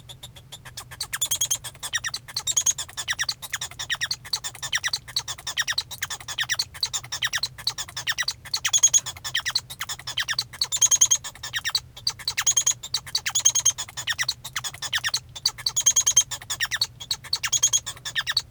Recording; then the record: song of a male Bengalese finch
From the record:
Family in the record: son of father 1